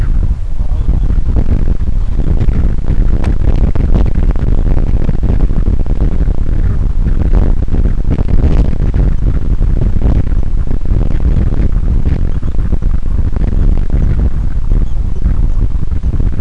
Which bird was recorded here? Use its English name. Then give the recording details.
Gentoo Penguin. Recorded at the colony at Stromness, on 23 December 2014. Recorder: Song Meter SM2+